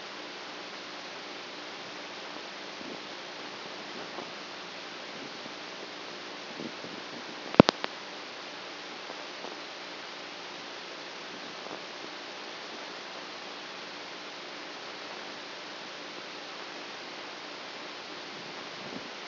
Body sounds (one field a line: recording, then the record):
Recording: brain microelectrode recording played as sound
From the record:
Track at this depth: outside the subthalamic nucleus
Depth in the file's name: 5.501 mm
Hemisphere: right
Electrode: 2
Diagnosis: Parkinson's disease